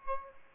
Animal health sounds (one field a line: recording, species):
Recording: mosquito wingbeat signal from an infrared sensor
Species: Aedes aegypti